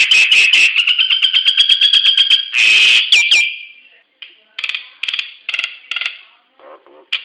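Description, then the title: Nias hill myna calls: a fast run of loud, harsh repeated notes merging into a long whistled tone, then a short buzzy burst and spaced, clipped squawks. "Burung jalak nias"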